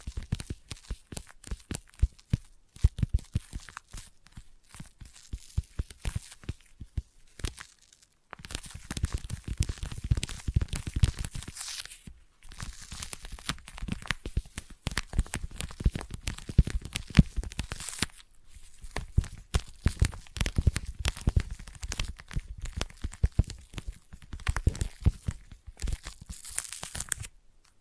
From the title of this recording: Intense Sticky Tapping and Sticky Triggers